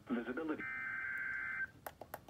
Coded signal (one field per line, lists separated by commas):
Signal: Emergency Alert System (SAME) tones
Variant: header bursts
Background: speech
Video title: [EAS #116-117] DOUBLE HEADER | 2 High Wind Warnings (KWO35)